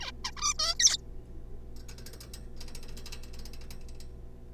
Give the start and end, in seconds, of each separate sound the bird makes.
0.01-0.11, 0.24-0.31, 0.37-0.53, 0.59-0.74, 0.79-0.97